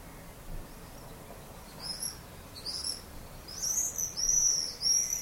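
Swift screams: a few faint high notes in the middle, then louder shrill, buzzy screeches near the end.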